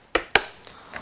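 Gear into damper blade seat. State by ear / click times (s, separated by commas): seated / 0.2 s, 0.4 s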